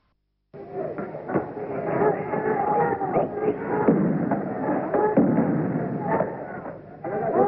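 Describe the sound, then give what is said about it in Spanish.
Several sharp, hollow bangs of tear gas canister launchers go off at irregular intervals over the steady roar of a shouting crowd, loud and continuous throughout. “Son disparos de gases lacrimógenos. Los estudiantes lanzan botellas y bombas molotov y la policía contesta con disparos de bombas de gases lacrimógenos.”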